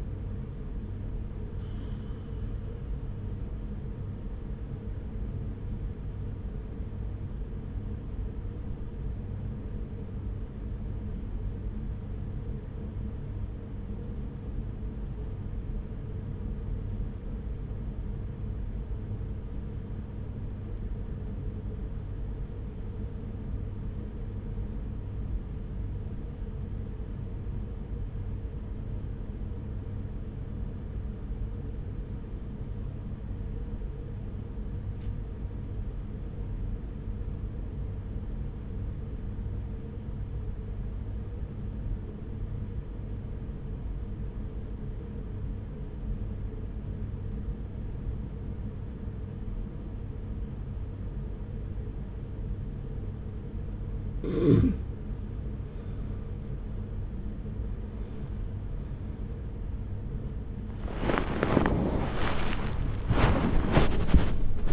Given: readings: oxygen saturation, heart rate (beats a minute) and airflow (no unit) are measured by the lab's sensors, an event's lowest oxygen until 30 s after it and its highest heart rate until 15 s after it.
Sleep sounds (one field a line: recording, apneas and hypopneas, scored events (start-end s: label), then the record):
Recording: breathing in sleep by a smartphone at the bedside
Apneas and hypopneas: 1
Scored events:
9.00-55.00 s: hypopnea (N1, oxygen 97% highest, then 88% lowest)
33.00-63.00 s: new sleep stage, N2 (light sleep)
63.00-64.73 s: new sleep stage, awake
From the record:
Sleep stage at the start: N1 (lightest sleep)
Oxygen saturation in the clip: 89 to 97%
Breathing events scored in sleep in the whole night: 210 in 6.9 hours asleep